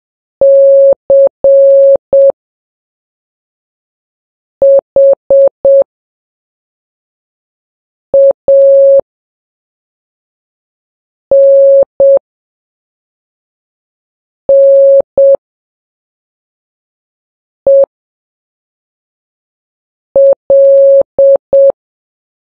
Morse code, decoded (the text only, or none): CHANNEL